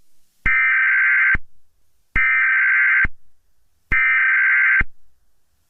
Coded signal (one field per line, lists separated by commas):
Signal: Emergency Alert System (SAME) tones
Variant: header bursts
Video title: EAS Scenario: Mario.exe